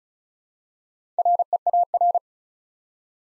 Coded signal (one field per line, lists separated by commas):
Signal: Morse code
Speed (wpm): 36 wpm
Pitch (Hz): 700 Hz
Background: none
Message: REAR